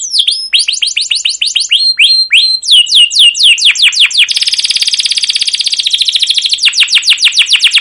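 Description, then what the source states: Canary singing quick sweeping chirps that run into a long, rapid rolling trill, then back to repeated downslurred notes, bright and high throughout. Long continuous rolling 'ngerol' canary song with 'cuit cuit' notes, used as a master and lure recording to prompt other canaries to sing.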